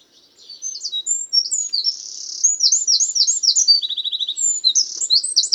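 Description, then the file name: Eurasian wren singing an explosive high-pitched song of rapid chattering notes broken by fast rattling trills, continuous and energetic throughout. "Troglodytes troglodytes"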